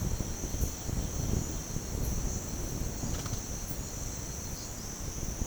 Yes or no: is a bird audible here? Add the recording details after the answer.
no. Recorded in pastures near Puerto Asís, Putumayo, Colombia, on 22 June 2025 at 10:00. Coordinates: 0.496, -76.326. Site GP01